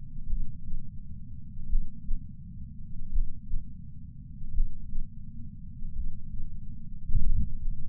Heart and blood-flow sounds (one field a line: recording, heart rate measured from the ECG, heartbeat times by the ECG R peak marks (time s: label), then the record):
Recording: heart sounds by patch sensor on the chest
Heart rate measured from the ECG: 43 bpm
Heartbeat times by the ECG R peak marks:
0.27 s: heartbeat
1.67 s: heartbeat
3.09 s: heartbeat
4.51 s: heartbeat
5.93 s: heartbeat
7.21 s: heartbeat
From the record:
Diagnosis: coronary artery disease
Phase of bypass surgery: preoperative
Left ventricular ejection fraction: 64.4%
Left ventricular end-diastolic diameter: 51 mm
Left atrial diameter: 41 mm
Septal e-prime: 7.3 cm/s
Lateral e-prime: 10.3 cm/s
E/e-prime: 10.1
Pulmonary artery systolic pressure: 25 mmHg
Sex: male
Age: 59 years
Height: 168 cm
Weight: 81 kg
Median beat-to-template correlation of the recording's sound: 0.86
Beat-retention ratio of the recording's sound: 0.96